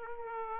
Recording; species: mosquito wingbeat signal from an infrared sensor; Aedes aegypti